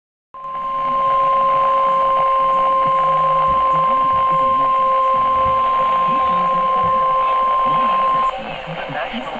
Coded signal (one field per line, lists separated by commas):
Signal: Emergency Alert System (SAME) tones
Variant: 1050 Hz attention tone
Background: speech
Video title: EAS Alerts